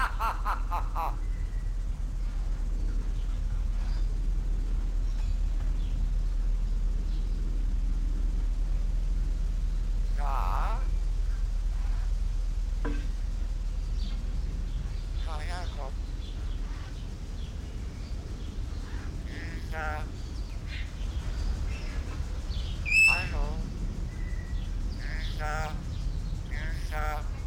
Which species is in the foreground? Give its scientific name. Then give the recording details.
Gracula religiosa. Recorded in captivity. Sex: male. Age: adult. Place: Zoo Berlin, Berlin, DE. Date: 1993-08-04 18:53. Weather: heiter, 25 °C. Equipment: Marantz CP 430, Sennheiser ME 80, Kopie Uher Variocord 263. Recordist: Tembrock, Günter